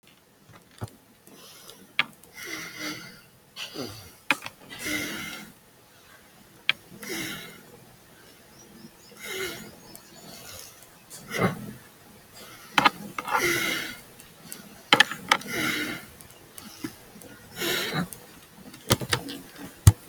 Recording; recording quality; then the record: deep breathing; excellent, no background noise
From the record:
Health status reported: healthy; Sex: male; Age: 32 years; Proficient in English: yes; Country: India